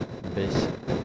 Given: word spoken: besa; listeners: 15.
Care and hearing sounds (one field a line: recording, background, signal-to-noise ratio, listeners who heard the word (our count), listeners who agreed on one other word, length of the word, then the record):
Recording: one Spanish word in noise, from a listening test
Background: noise modulated by three-talker babble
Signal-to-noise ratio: -4.6 dB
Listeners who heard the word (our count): 3 of 15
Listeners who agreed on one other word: 8 of 15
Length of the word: 0.64 s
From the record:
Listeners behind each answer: 8, 3, 2, 1, 1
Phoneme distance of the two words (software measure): 10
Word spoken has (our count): 2 syllables, 4 phonemes, stress on syllable 1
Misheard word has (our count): 2 syllables, 4 phonemes, stress on syllable 1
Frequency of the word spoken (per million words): 7.20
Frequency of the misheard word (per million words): 20.67